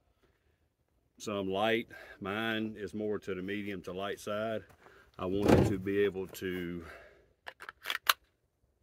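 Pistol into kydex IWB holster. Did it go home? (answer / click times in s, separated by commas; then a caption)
yes / 8.1 s. Someone talks, then a Sig Sauer P238 .380 caliber pistol is pushed into a NOVA Concealment kydex inside-waistband holster, making a few short clicks. The retention snaps over the pistol and it seats with a sharp click at 8.1 s.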